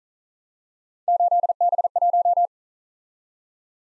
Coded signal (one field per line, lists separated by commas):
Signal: Morse code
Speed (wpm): 41 wpm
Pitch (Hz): 700 Hz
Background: none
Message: 8B1